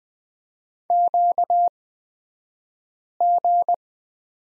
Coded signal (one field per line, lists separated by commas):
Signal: Morse code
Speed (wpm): 20 wpm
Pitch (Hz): 700 Hz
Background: none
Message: QG